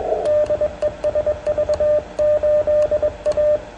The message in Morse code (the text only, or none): DE SV8A